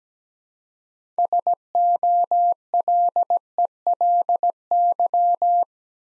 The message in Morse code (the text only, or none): SOLELY